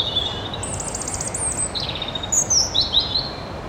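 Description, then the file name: European robin song: a high thin whistle, then a fast buzzy trill, followed by short twittering high notes, with faint background hiss. "Erithacus rubecula"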